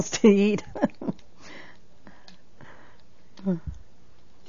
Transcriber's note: she laughs